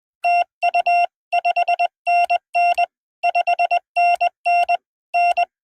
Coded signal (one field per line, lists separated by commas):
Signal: Morse code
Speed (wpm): 21 wpm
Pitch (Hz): 700 Hz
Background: none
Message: TU 5NN 5NN N